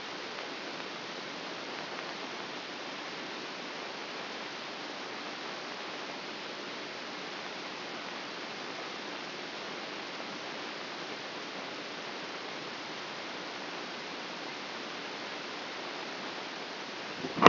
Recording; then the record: brain microelectrode recording played as sound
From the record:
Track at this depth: inside the subthalamic nucleus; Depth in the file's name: -0.158 mm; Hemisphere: right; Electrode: 2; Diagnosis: Parkinson's disease